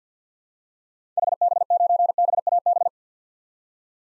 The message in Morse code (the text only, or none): HB9BAB